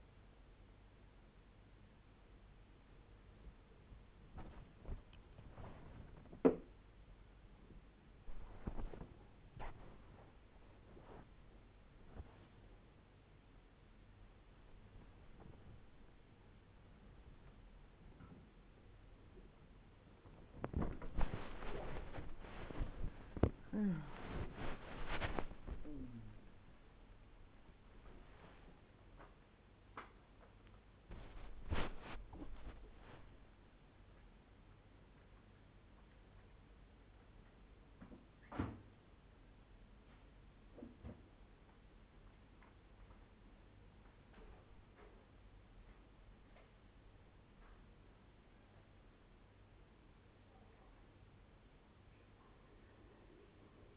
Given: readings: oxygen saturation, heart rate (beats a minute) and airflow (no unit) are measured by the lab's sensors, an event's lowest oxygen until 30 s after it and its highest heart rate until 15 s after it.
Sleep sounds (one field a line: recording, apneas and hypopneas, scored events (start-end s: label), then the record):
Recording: a person awake in a sleep study, by a voice recorder at the bedside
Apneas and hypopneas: none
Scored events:
0.00-53.97 s: awake
From the record:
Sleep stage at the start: awake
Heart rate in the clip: 60 to 101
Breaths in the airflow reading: 16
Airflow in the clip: -0.8 to 0.9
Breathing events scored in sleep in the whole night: 201 in 6.5 hours asleep